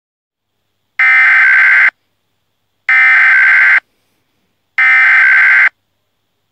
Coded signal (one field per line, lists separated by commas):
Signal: Emergency Alert System (SAME) tones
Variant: header bursts